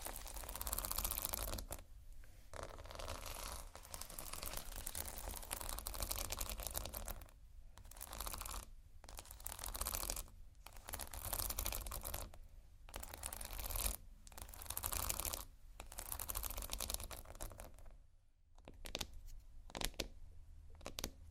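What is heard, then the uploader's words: Slow scratching and tapping on textured surfaces, with dense rasping strokes broken by short pauses about every one to two seconds. The scratches are bright and gritty, with a steady low hum underneath. A longer quiet gap falls near eighteen seconds before the scratching resumes. ASMR Slow Scratching & Tapping on Textures (No Talking).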